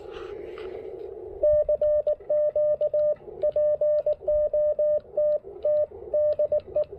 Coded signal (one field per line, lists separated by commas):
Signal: Morse code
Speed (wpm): 19 wpm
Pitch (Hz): 600 Hz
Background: radio noise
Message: CQ POT TDE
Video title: Pairing the Chameleon Tactical Delta Loop with the Icom IC-705 for some serious QRP POTA fun!